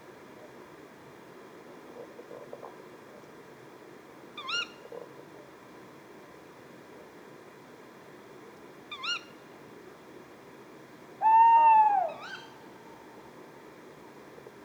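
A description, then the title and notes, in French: A pair of tawny owls calls at night. Short, sharp rising-and-falling "kewick" calls come around 4 and 9 seconds and again near 12, while a louder, clear hooting note sounds around 11 to 12 seconds. A steady low murmur fills the background throughout. Etang de Beaumont - Drôme - Nagra seven - Telinga pro7 stéréo. Cela fait une heure que je cherche à contourner le dévidoir de l'étang pour trouver un lieu propice à enregistrer correctement des crapauds et c'est un couple de Chouette hulotte (Strix aluco) qui va faire le spectacle.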